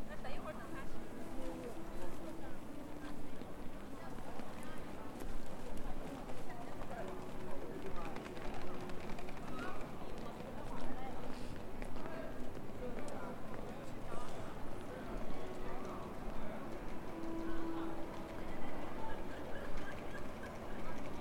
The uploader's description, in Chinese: 沈阳，中街